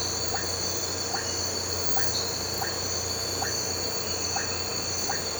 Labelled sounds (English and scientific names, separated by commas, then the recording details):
none
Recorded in pastures near Puerto Asís, Putumayo, Colombia, on 9 March 2025 at 03:30
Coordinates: 0.466, -76.322
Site CSA-02